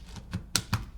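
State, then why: Seated. The spring follower of a 10-round paintball magazine for the Planet Eclipse EMEK MG100 mag-fed paintball gun is pushed down until it locks into its loading position. Faint taps at about 0.2 and 0.3 s lead to a sharp, bright click at 0.6 s as the follower locks into place, followed by a second click at 0.7 s. The follower is seated.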